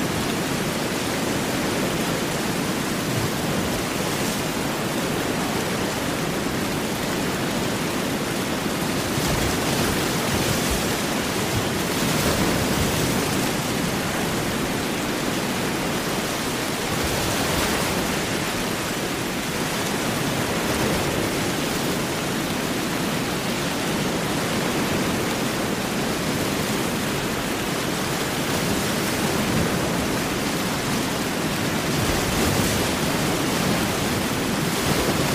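Heavy rain and ocean waves blend into a dense, constant rush that fills everything from a low rumble up to a bright hiss. The level stays steady for the whole stretch, with soft surges every few seconds, around 10, 17 and 32 seconds, as waves swell and break.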